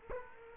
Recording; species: mosquito wingbeat signal from an infrared sensor; Culex quinquefasciatus